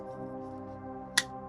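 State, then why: Seated. A plastic pylon piece for the display stand of a die-cast Hot Wheels Star Wars Starships Select #33 Grand Admiral Thrawn's Chimaera is pushed into its display base. Over steady background music, one sharp snap is heard at 1.2 s. The pylon piece seats in the base.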